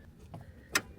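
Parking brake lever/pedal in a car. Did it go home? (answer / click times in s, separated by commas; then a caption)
released / 0.8 s. A car's parking brake is released after the repaired tire is back on, with a ratchet-like click at 0.8 s. A softer tap comes earlier, against a low background hum.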